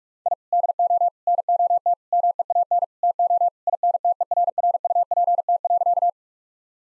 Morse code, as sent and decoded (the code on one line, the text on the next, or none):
.. / -.. --- / -. --- - / -- . .- -. / - --- / .. -. - . .-. .-. ..- .--. - .-.-.-
I DO NOT MEAN TO INTERRUPT.